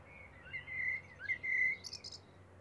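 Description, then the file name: Common blackbird calls as drawn-out, slightly wavering whistled notes. Two long notes are separated by a short rising slur, with faint high squeaks near the end. "Turdus merula"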